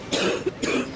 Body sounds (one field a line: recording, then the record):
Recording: coughing mixed with background sound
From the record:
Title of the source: 60 coughing still (deep and wet cough)